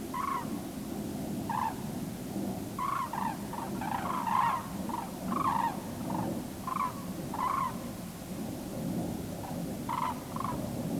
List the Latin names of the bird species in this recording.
Grus grus